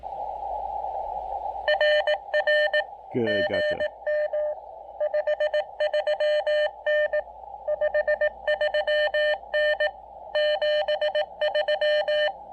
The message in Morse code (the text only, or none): RR GM 53N 53N 73